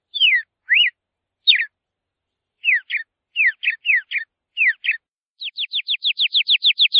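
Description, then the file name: Cardinal song: several separate clear whistled notes, then a fast, even series of sharp slurred notes. No other sounds. "cardenal"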